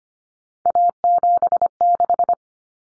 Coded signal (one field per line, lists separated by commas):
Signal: Morse code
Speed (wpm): 25 wpm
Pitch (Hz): 700 Hz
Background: none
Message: A76